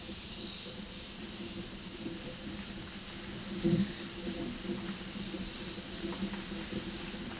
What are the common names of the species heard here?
none